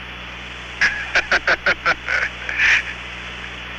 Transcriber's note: laughter